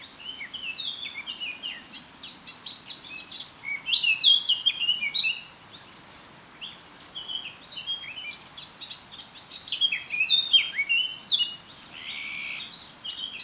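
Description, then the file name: Eurasian blackcap song, a fast high warble of bright scratchy notes that comes in two louder bursts with quieter twittering between. "Sylvia atricapilla"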